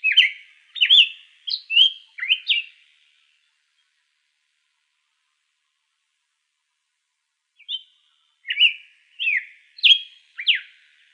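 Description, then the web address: Hepatic tanager giving a phrase of several slurred whistles, silence for several seconds, then another similar phrase. Recorded in Arizona on 1 February 2006. "Tanagers HETA 060201"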